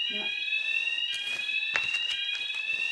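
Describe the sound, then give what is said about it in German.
A fire alarm in an apartment squeals without pause, having gone off for some 12 or 13 minutes, a loud, steady high-pitched electronic tone that holds for the whole stretch, with a few faint clicks and a brief murmur at the start. “Ich bin in der Wohnung 8 in der Nordsee, Liebe, und werde hier von einem quietschenden Alarm geweckt seit eigentlich 12 oder 13 Minuten.”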